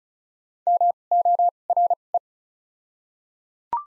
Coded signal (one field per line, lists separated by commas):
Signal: Morse code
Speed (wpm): 34 wpm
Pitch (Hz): 700 Hz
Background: none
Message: M O R E